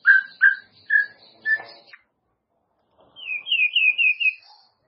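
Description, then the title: White-rumped shama song: four loud whistled notes, a pause, then a quick series of higher whistled notes. "murai batu"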